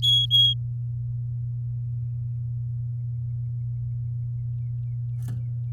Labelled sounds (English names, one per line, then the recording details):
Domestic Canary song
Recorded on 7 May 2018 at 13:44
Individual llb16